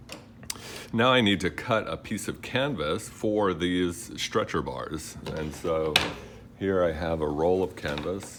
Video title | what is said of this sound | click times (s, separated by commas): Part 1- Stretching a Canvas | close the staple gun like that and it'll click into place and now your staple gun is loaded | 0.5 s